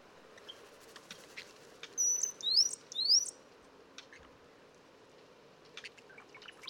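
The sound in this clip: Brown-headed cowbird giving three thin, high whistles in quick succession, the last two rising slurs, over faint scattered chirps from other birds.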